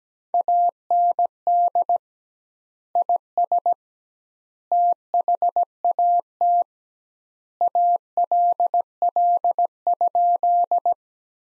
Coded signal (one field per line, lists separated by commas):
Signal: Morse code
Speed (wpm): 17 wpm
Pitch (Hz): 700 Hz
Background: none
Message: AND IS THAT ALL?